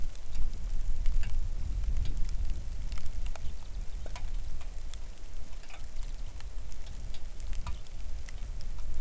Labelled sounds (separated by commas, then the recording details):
songbird, rain
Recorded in the Arctic National Wildlife Refuge, Alaska, on 3 August 2019 at 09:33
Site 41